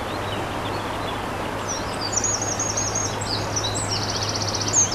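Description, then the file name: Eurasian wren song with high trilling phrases building in the second half, over rushing water and a low steady hum. Recorded by a stream on 21 April 2015 using an MZ-N 710 recorder. "MZ-N 710 Troglodyte mignon ruisseau 21 04 15"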